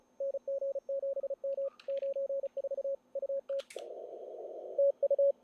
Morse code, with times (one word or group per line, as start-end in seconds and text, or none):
0.2-1.7 NG7M
1.9-2.9 94
3.2-3.6 UT
4.8-5.3 TU